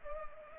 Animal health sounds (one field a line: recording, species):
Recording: mosquito wingbeat signal from an infrared sensor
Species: Culex pipiens